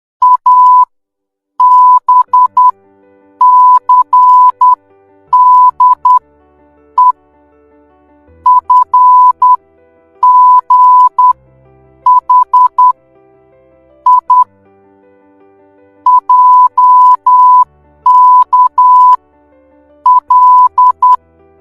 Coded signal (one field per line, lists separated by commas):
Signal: Morse code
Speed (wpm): 10 wpm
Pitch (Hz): 1000 Hz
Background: music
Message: A B C D E F G H I J K L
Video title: morse code. since 1835